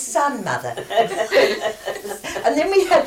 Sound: general laughter

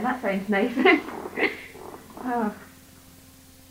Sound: laughs; pause 13 seconds

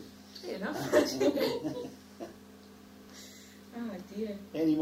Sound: laughs

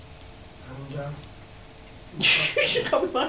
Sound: laughs

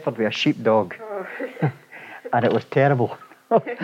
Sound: laughs

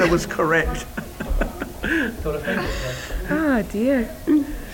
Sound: laughs

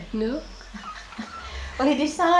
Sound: laughs

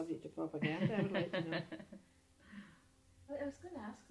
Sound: laughs

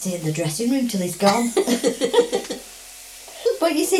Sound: laughs

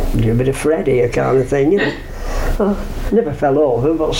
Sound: laughs

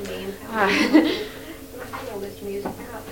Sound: laughs

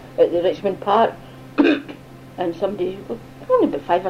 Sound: coughs

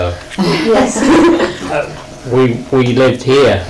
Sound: laughs

